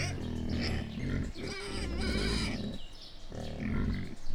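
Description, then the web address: Wild boar giving deep, rumbling grunts in a steady stream, with a few rougher, higher-pitched notes on top. Captive wild boar squealing, recorded at a zoo in Jászberény in 2015. "jaszberenyizoo 2015 professzionalis vaddiszno"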